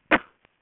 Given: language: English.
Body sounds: throat vibration sensor signal played as sound; cough

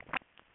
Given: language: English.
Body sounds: throat vibration sensor signal played as sound; swallow

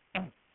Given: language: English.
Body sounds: throat vibration sensor signal played as sound; throat clearing

